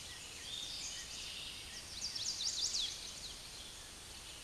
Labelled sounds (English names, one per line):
Chestnut-sided Warbler song